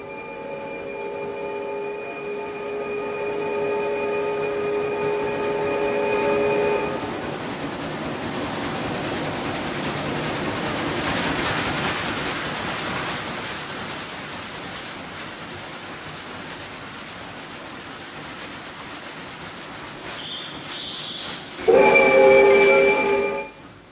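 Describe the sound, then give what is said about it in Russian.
A suburban train rolls into Skrup station in a small industrial town in northern England on a gloomy, rainy evening, with a steady rumble and clatter, bracketed by long, high metallic squeals of braking that return louder near the end as it comes to a stop. “Пригородный поезд подошел к маленькому индустриальному городку на севере Англии мрачным дождливым вечером.”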